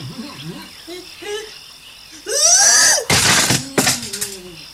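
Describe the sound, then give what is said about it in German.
After a stretch of faint chirping, a person's sudden yell gives way to a loud crashing thud and a second rustling crash as the person falls from a tree branch. “Aua. Nun bin ich runtergefallen.”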